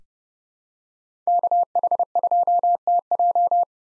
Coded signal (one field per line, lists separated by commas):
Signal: Morse code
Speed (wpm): 31 wpm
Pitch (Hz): 700 Hz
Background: none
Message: KH2TJ